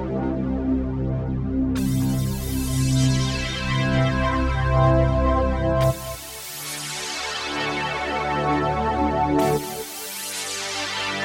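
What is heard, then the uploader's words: Synth pad chords swell and sustain, each new chord arriving with a bright shimmering attack at about two, six and nine seconds, with low tones dropping away after six. A selection of demos for motion and pad sounds. All sounds are from the Waldorf Microwave XTk synthesizer and were programmed by me, Christopher Arndt. Recorded with a BOSS BR-600 hardware digital recorder and mixed with Tracktion 6 DAW on Linux. All sounds in this demo are single programs and have just one layer, sometimes with dual unisono, i.e. four oscillators per voice.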